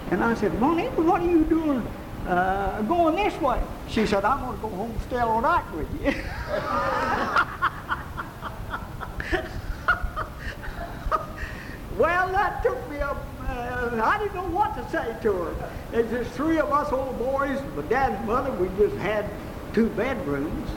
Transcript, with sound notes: And I said, Juanita, what are you doing going this way? She said, I want to go home and stay all night with ya. (laughing) (crowd laughing) Well, that took me--I didn't know what to say to her! It was just three of us old boys, my dad and mother, we just had two bedrooms.